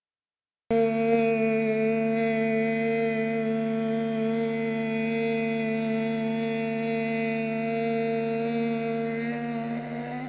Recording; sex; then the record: sustained vowel /e/; female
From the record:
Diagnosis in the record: healthy control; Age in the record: 62 years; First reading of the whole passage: 101 s, 4.7 characters per second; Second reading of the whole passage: 77 s, 5.9 characters per second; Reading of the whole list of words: 66 s, 3.9 characters per second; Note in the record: marked for poor recording quality or reading difficulty